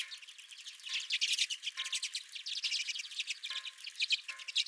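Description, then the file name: Redpolls calling together, a continuous stream of quick twittering and buzzy chips from several birds. Redpolls at the recordist's own feeder. "Redpolls at My Feeder"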